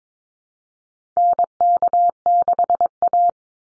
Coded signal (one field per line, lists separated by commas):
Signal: Morse code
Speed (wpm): 22 wpm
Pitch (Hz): 700 Hz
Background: none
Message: NK6A